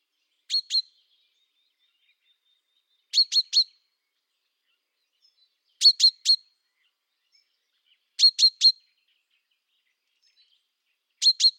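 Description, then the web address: Common chaffinch giving short metallic chip notes, mostly three at a time, with the bursts coming every two to three seconds and no other sounds. "Deverinetal"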